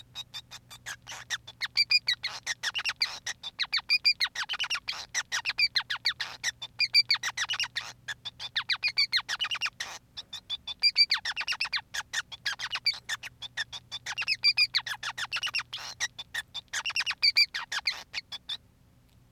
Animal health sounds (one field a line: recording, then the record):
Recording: song of a male Bengalese finch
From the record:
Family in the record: son of father 5